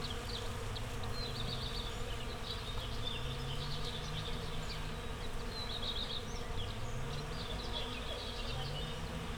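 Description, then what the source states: Continuous bee hum, with individual buzzes rising in pitch as insects pass, and birds chirping in the background. Bees in a flowering rapeseed field, Słoneczna 9, Siemianowice Śląskie, Poland, Saturday 18 May 2019; recorded with Zoom H5 and Audio-Technica BP4025.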